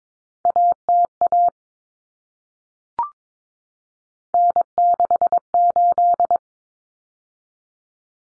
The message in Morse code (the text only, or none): ATA N68